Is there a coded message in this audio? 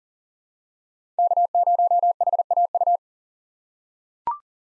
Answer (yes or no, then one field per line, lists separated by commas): yes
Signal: Morse code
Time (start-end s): 1.2-3.0 s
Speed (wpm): 40 wpm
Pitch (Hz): 700 Hz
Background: none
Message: K0HAU